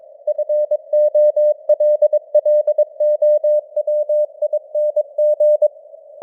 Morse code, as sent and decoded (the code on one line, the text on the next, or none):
..-. --- .-.. .-.. --- .-- .. -. --.
FOLLOWING